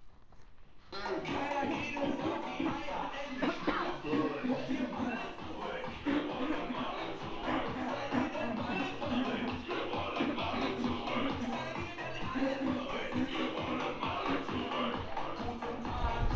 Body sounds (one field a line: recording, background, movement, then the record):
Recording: throat clearing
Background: music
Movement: walking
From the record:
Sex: female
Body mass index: 36.4 kg/m2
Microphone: on the chest, facing outward